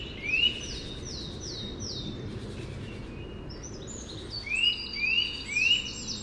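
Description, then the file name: Eurasian nuthatch producing a rising whistle, then a run of three similar upslurred notes near the end, with busy twittering of other birds. "Sitta europaea"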